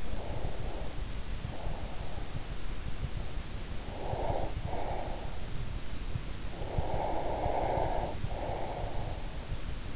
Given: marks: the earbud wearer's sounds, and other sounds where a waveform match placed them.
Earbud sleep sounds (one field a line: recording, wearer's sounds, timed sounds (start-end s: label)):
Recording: sounds in sleep by an in-ear microphone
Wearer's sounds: breath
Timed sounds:
0.00-2.24 s: breath
3.94-5.28 s: breath
6.49-9.37 s: breath